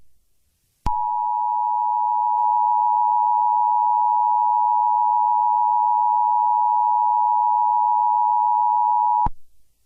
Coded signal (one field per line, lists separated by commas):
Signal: Emergency Alert System (SAME) tones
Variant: 853 and 960 Hz attention tone